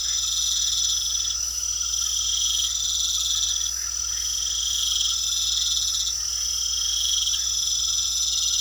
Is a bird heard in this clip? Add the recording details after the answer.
no. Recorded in pastures near Puerto Asís, Putumayo, Colombia, on 9 March 2025 at 21:30. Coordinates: 0.497, -76.327. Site G072